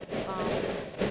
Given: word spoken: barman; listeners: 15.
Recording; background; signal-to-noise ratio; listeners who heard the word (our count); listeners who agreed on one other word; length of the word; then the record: one English word in noise, from a listening test; noise modulated by three-talker babble; -5.7 dB; 0 of 15; 6 of 15; 0.71 s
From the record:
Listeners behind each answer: 6, 3, 2, 2, 1, 1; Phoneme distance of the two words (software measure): 21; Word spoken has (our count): 2 syllables, 5 phonemes, stress on syllable 1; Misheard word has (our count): 1 syllable, 2 phonemes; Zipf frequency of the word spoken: 3.24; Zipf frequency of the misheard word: 4.70